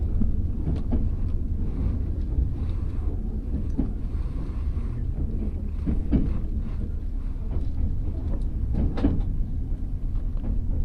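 A train ride, with a steady low rumble of the carriage filling the whole clip at an even level. Brief clanks and knocks cut through around the 1, 4, 6 and 9 second marks, over a faint airy hiss.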